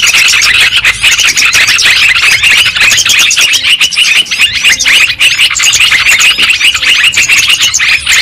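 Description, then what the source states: Lovebirds giving a nonstop shrill chorus of squeaky chirps, many birds calling at once throughout. Lure sound (pikat) for trapping lovebirds.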